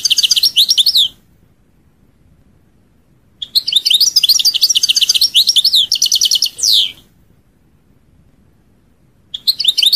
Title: Chant Chardonneret